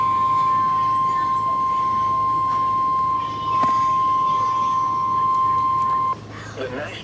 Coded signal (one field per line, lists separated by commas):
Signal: Emergency Alert System (SAME) tones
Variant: 1050 Hz attention tone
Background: speech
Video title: Another Severe Thunderstorm Warning On NOAA Weather Radio